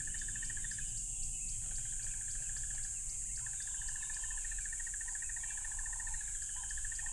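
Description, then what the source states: Crickets in a high continuous whine, with a fast pulsing mid-pitched trill that stops briefly, plus low rumbling background. Loud crickets by a tropical river.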